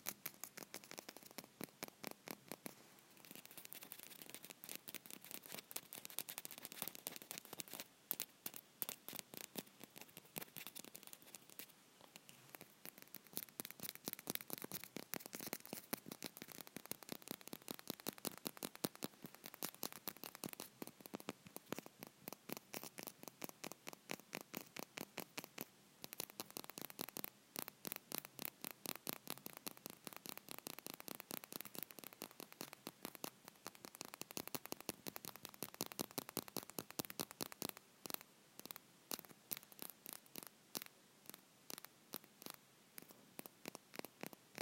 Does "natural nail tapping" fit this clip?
yes